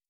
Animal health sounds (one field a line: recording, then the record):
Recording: hydrophone in a shrimp aquaculture tank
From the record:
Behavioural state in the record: starved